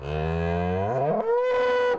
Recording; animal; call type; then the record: contact call of a hoofed animal; cattle; low-frequency (closed-mouth) or high-frequency (open-mouth) call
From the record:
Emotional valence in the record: negative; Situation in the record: full separation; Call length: 1.98 s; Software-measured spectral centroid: 1210 Hz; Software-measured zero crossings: 1120 a second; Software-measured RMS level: -24 dBFS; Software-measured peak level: -14 dBFS